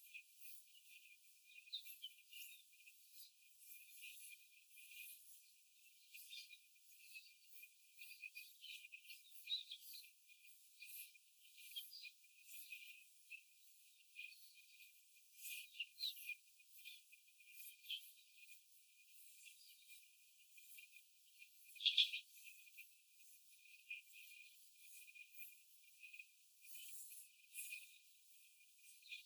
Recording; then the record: young laying hens in a cage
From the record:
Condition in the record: after the stressor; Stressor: simulated dog barking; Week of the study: 4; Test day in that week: 1